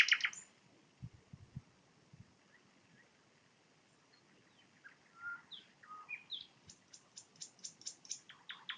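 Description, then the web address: Nightingale song: a sharp opening note, sparse soft whistles, then a brisk run of evenly repeated high notes to the end. Recorded with a parabolic microphone in Poland. "nagranie na paraboloid spiew slowika"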